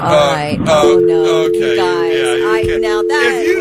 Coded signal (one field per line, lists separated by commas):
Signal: telephone call progress tone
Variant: North America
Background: speech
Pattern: dial tone